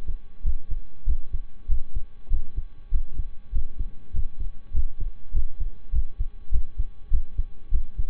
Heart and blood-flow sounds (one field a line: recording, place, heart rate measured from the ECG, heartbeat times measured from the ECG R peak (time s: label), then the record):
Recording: heart sounds by stethoscope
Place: between the tricuspid and mitral areas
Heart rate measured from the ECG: 99 bpm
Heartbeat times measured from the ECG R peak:
0.41 s: heartbeat
1.03 s: heartbeat
1.66 s: heartbeat
2.27 s: heartbeat
2.88 s: heartbeat
3.50 s: heartbeat
4.10 s: heartbeat
4.70 s: heartbeat
5.30 s: heartbeat
5.90 s: heartbeat
6.49 s: heartbeat
7.08 s: heartbeat
7.68 s: heartbeat
From the record:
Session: slow and fast walking with breaks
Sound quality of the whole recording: saturated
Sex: male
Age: 25 years